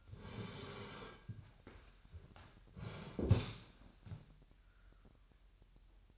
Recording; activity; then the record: daily activity, microphone in the room; sit down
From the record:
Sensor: 2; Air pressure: 998.5 hPa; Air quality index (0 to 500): 126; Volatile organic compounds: 3 ppm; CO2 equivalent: 1425 ppm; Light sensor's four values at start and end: 5/13/5/6 and 6/15/6/7